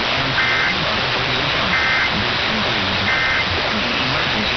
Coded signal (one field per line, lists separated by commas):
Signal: Emergency Alert System (SAME) tones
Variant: end-of-message bursts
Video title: Required Monthly Tests from May 4 2026 EAS 652-656